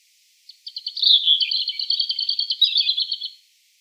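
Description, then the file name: European robin song: one rapid, fluttering phrase of high twittering notes lasting about three seconds. "Erithacus rubecula"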